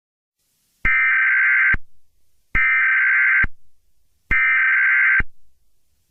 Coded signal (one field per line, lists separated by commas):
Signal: Emergency Alert System (SAME) tones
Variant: header bursts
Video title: EAS Scenario #86: Attack of The Entities: Eternal Torture